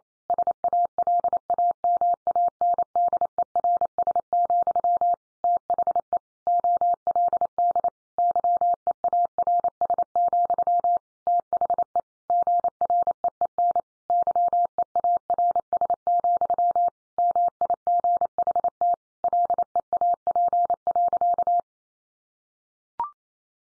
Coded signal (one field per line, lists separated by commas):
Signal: Morse code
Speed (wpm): 28 wpm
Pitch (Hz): 700 Hz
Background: none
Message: SALAMANDERS, THE OLD YEARS, THE GREEN YEARS, MIGHT LEAP.